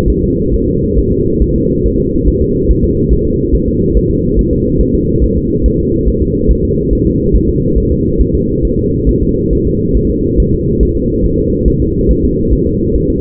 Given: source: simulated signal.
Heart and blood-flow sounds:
fetal heart sounds
0.10 s: S1
0.24 s: S2
0.54 s: S1
0.68 s: S2
0.98 s: S1
1.12 s: S2
1.42 s: S1
1.56 s: S2
1.86 s: S1
2.00 s: S2
2.28 s: S1
2.42 s: S2
2.71 s: S1
2.84 s: S2
3.13 s: S1
3.26 s: S2
3.55 s: S1
3.69 s: S2
3.97 s: S1
4.11 s: S2
4.39 s: S1
4.53 s: S2
4.81 s: S1
4.95 s: S2
5.24 s: S1
5.38 s: S2
5.66 s: S1
5.80 s: S2
6.08 s: S1
6.22 s: S2
6.51 s: S1
6.65 s: S2
6.93 s: S1
7.07 s: S2
7.35 s: S1
7.49 s: S2
7.78 s: S1
7.92 s: S2
8.21 s: S1
8.35 s: S2
8.65 s: S1
8.79 s: S2
9.09 s: S1
9.23 s: S2
9.53 s: S1
9.67 s: S2
9.97 s: S1
10.10 s: S2
10.40 s: S1
10.54 s: S2
10.83 s: S1
10.97 s: S2
11.26 s: S1
11.39 s: S2
11.68 s: S1
11.82 s: S2
12.11 s: S1
12.25 s: S2
12.53 s: S1
12.67 s: S2
12.96 s: S1
13.10 s: S2
From the record:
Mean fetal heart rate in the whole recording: 140 bpm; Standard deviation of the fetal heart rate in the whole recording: 2 bpm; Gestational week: 34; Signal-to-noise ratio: -10.2 dB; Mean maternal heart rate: 72 bpm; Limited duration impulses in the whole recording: present

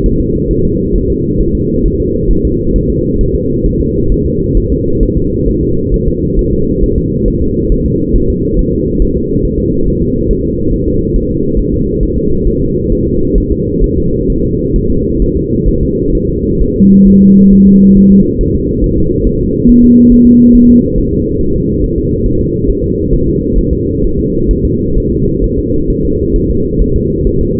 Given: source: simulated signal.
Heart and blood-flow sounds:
fetal heart sounds
0.06 s: S1
0.21 s: S2
0.51 s: S1
0.65 s: S2
0.96 s: S1
1.10 s: S2
1.41 s: S1
1.55 s: S2
1.86 s: S1
2.00 s: S2
2.31 s: S1
2.45 s: S2
2.76 s: S1
2.90 s: S2
3.21 s: S1
3.36 s: S2
3.66 s: S1
3.81 s: S2
4.12 s: S1
4.26 s: S2
4.57 s: S1
4.72 s: S2
5.03 s: S1
5.17 s: S2
5.49 s: S1
5.63 s: S2
5.94 s: S1
6.08 s: S2
6.39 s: S1
6.53 s: S2
6.84 s: S1
6.98 s: S2
7.28 s: S1
7.42 s: S2
7.72 s: S1
7.86 s: S2
8.16 s: S1
8.30 s: S2
8.59 s: S1
8.73 s: S2
9.02 s: S1
9.17 s: S2
9.45 s: S1
9.60 s: S2
9.88 s: S1
10.02 s: S2
10.31 s: S1
10.45 s: S2
10.73 s: S1
10.88 s: S2
11.16 s: S1
11.31 s: S2
11.59 s: S1
11.74 s: S2
12.03 s: S1
12.18 s: S2
12.48 s: S1
12.62 s: S2
12.92 s: S1
13.07 s: S2
13.38 s: S1
13.52 s: S2
13.84 s: S1
13.98 s: S2
14.30 s: S1
14.44 s: S2
14.76 s: S1
14.91 s: S2
15.22 s: S1
15.37 s: S2
15.69 s: S1
15.83 s: S2
16.15 s: S1
16.29 s: S2
16.61 s: S1
16.76 s: S2
17.08 s: S1
17.22 s: S2
17.53 s: S1
17.67 s: S2
17.97 s: S1
18.12 s: S2
18.41 s: S1
18.55 s: S2
18.84 s: S1
18.98 s: S2
19.27 s: S1
19.41 s: S2
19.69 s: S1
19.84 s: S2
20.12 s: S1
20.27 s: S2
20.55 s: S1
20.70 s: S2
20.98 s: S1
21.13 s: S2
21.41 s: S1
21.56 s: S2
21.84 s: S1
21.98 s: S2
22.26 s: S1
22.41 s: S2
22.70 s: S1
22.84 s: S2
23.13 s: S1
23.28 s: S2
23.59 s: S1
23.73 s: S2
24.04 s: S1
24.19 s: S2
24.51 s: S1
24.65 s: S2
24.98 s: S1
25.12 s: S2
25.44 s: S1
25.59 s: S2
25.90 s: S1
26.05 s: S2
26.36 s: S1
26.51 s: S2
26.82 s: S1
26.96 s: S2
27.27 s: S1
27.41 s: S2
From the record:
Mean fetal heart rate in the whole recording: 135 bpm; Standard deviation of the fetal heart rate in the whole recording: 3 bpm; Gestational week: 36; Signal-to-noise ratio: -15.3 dB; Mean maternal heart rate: 72 bpm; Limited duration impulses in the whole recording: present

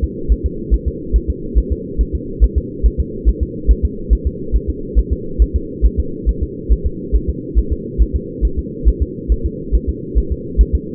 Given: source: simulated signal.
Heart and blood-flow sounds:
fetal heart sounds
0.04 s: S2
0.32 s: S1
0.46 s: S2
0.74 s: S1
0.88 s: S2
1.16 s: S1
1.30 s: S2
1.58 s: S1
1.72 s: S2
2.01 s: S1
2.15 s: S2
2.44 s: S1
2.58 s: S2
2.86 s: S1
3.00 s: S2
3.29 s: S1
3.43 s: S2
3.71 s: S1
3.85 s: S2
4.13 s: S1
4.27 s: S2
4.56 s: S1
4.70 s: S2
4.99 s: S1
5.13 s: S2
5.42 s: S1
5.56 s: S2
5.86 s: S1
6.00 s: S2
6.29 s: S1
6.43 s: S2
6.72 s: S1
6.86 s: S2
7.16 s: S1
7.30 s: S2
7.58 s: S1
7.73 s: S2
8.02 s: S1
8.16 s: S2
8.45 s: S1
8.59 s: S2
8.88 s: S1
9.03 s: S2
9.32 s: S1
9.46 s: S2
9.75 s: S1
9.89 s: S2
10.18 s: S1
10.32 s: S2
10.61 s: S1
10.75 s: S2
From the record:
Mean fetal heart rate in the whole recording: 140 bpm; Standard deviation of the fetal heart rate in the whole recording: 2 bpm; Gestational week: 34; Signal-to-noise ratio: -4.3 dB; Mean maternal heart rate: 72 bpm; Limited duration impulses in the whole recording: absent

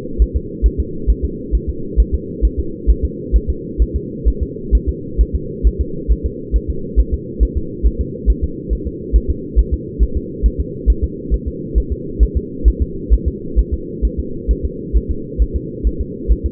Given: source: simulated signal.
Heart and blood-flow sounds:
fetal heart sounds
0.22 s: S1
0.36 s: S2
0.66 s: S1
0.80 s: S2
1.10 s: S1
1.25 s: S2
1.55 s: S1
1.69 s: S2
2.00 s: S1
2.14 s: S2
2.45 s: S1
2.59 s: S2
2.90 s: S1
3.05 s: S2
3.36 s: S1
3.50 s: S2
3.82 s: S1
3.96 s: S2
4.28 s: S1
4.43 s: S2
4.75 s: S1
4.89 s: S2
5.21 s: S1
5.35 s: S2
5.67 s: S1
5.81 s: S2
6.12 s: S1
6.26 s: S2
6.56 s: S1
6.70 s: S2
7.00 s: S1
7.14 s: S2
7.43 s: S1
7.57 s: S2
7.87 s: S1
8.01 s: S2
8.30 s: S1
8.44 s: S2
8.73 s: S1
8.87 s: S2
9.16 s: S1
9.30 s: S2
9.59 s: S1
9.74 s: S2
10.03 s: S1
10.17 s: S2
10.46 s: S1
10.60 s: S2
10.90 s: S1
11.04 s: S2
11.34 s: S1
11.48 s: S2
11.78 s: S1
11.92 s: S2
12.23 s: S1
12.37 s: S2
12.68 s: S1
12.82 s: S2
13.13 s: S1
13.28 s: S2
13.59 s: S1
13.73 s: S2
14.05 s: S1
14.19 s: S2
14.51 s: S1
14.65 s: S2
14.96 s: S1
15.11 s: S2
15.42 s: S1
15.56 s: S2
15.87 s: S1
16.01 s: S2
16.32 s: S1
16.46 s: S2
From the record:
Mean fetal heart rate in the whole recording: 135 bpm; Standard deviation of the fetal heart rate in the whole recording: 3 bpm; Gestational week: 34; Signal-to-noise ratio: -4.3 dB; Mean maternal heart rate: 72 bpm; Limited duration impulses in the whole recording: absent

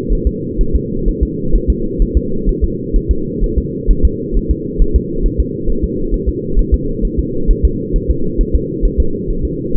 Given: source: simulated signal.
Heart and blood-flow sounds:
fetal heart sounds
0.12 s: S1
0.27 s: S2
0.61 s: S1
0.75 s: S2
1.08 s: S1
1.23 s: S2
1.56 s: S1
1.70 s: S2
2.02 s: S1
2.17 s: S2
2.49 s: S1
2.64 s: S2
2.96 s: S1
3.11 s: S2
3.44 s: S1
3.58 s: S2
3.91 s: S1
4.05 s: S2
4.37 s: S1
4.51 s: S2
4.81 s: S1
4.96 s: S2
5.26 s: S1
5.40 s: S2
5.70 s: S1
5.84 s: S2
6.14 s: S1
6.29 s: S2
6.59 s: S1
6.74 s: S2
7.05 s: S1
7.19 s: S2
7.50 s: S1
7.65 s: S2
7.96 s: S1
8.11 s: S2
8.41 s: S1
8.55 s: S2
8.85 s: S1
9.00 s: S2
9.30 s: S1
9.45 s: S2
9.76 s: S1
From the record:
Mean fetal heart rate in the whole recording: 130 bpm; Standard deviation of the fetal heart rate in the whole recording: 4 bpm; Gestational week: 38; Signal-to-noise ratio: -8.1 dB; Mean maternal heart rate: 72 bpm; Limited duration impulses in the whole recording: absent

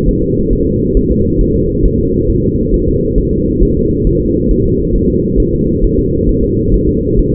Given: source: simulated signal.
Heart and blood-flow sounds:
fetal heart sounds
0.09 s: S1
0.23 s: S2
0.53 s: S1
0.67 s: S2
0.97 s: S1
1.11 s: S2
1.41 s: S1
1.56 s: S2
1.85 s: S1
2.00 s: S2
2.30 s: S1
2.44 s: S2
2.74 s: S1
2.88 s: S2
3.18 s: S1
3.33 s: S2
3.63 s: S1
3.77 s: S2
4.07 s: S1
4.21 s: S2
4.51 s: S1
4.66 s: S2
4.96 s: S1
5.10 s: S2
5.40 s: S1
5.54 s: S2
5.84 s: S1
5.99 s: S2
6.29 s: S1
6.44 s: S2
6.74 s: S1
6.89 s: S2
7.19 s: S1
7.34 s: S2
From the record:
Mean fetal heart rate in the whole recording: 135 bpm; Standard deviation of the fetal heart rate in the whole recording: 3 bpm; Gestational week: 36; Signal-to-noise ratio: -10.2 dB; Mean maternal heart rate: 72 bpm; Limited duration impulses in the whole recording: present

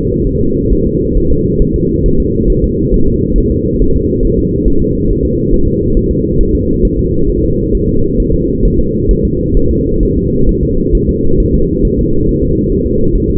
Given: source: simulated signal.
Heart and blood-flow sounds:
fetal heart sounds
0.27 s: S1
0.41 s: S2
0.73 s: S1
0.87 s: S2
1.17 s: S1
1.32 s: S2
1.62 s: S1
1.76 s: S2
2.06 s: S1
2.20 s: S2
2.50 s: S1
2.64 s: S2
2.94 s: S1
3.08 s: S2
3.38 s: S1
3.52 s: S2
3.82 s: S1
3.96 s: S2
4.25 s: S1
4.39 s: S2
4.68 s: S1
4.82 s: S2
5.11 s: S1
5.25 s: S2
5.53 s: S1
5.68 s: S2
5.97 s: S1
6.11 s: S2
6.41 s: S1
6.55 s: S2
6.85 s: S1
6.99 s: S2
7.30 s: S1
7.44 s: S2
7.75 s: S1
7.89 s: S2
8.20 s: S1
8.34 s: S2
8.65 s: S1
8.79 s: S2
9.11 s: S1
9.25 s: S2
9.57 s: S1
9.71 s: S2
10.03 s: S1
10.17 s: S2
10.49 s: S1
10.63 s: S2
10.95 s: S1
11.09 s: S2
11.40 s: S1
11.54 s: S2
11.85 s: S1
11.99 s: S2
12.29 s: S1
12.43 s: S2
12.72 s: S1
12.86 s: S2
13.15 s: S1
13.29 s: S2
From the record:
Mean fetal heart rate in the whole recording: 135 bpm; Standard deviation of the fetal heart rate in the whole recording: 3 bpm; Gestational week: 36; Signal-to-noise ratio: -16.4 dB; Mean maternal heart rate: 72 bpm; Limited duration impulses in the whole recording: present

